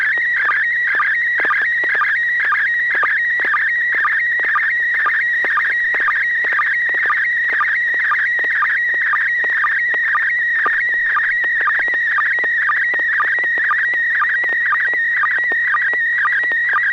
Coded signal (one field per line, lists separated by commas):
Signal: SSTV (slow-scan television)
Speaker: looks like some neighbor or Neil has a really really fancy uh Halloween set